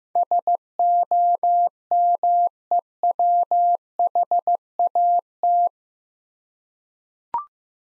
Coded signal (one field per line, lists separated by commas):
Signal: Morse code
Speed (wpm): 15 wpm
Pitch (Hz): 700 Hz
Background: none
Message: SOMEWHAT